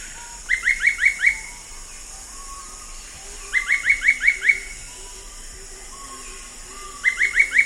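Dull-capped attila calls: quick series of four or five upslurred whistles repeated about every three seconds, with soft lower notes between and a constant high hum.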